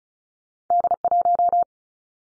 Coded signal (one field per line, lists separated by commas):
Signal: Morse code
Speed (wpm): 36 wpm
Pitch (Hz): 700 Hz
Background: none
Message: D 1